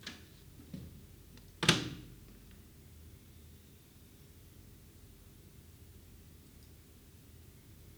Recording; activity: daily activity, guitar pickup as the sensor; use microwave